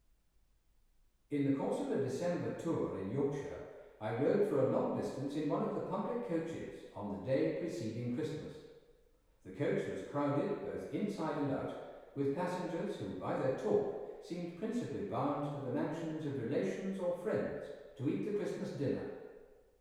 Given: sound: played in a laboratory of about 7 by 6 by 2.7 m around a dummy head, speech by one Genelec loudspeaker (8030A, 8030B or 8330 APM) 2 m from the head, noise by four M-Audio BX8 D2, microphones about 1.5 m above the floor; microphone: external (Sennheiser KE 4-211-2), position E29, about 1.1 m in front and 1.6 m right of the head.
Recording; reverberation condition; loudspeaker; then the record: male speech in English; high; 60 degrees to the left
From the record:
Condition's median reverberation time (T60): about 1300 ms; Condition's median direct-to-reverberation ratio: about -4.0 dB